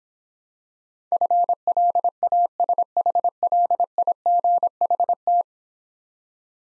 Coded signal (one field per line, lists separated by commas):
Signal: Morse code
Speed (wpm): 26 wpm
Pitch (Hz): 700 Hz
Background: none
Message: FLASHLIGHT